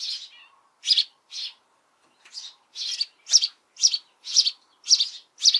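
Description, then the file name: House sparrow chirps, starting sparse, then a fast, even run of several sharp, harsh chirps in the second half. "Passer domesticus"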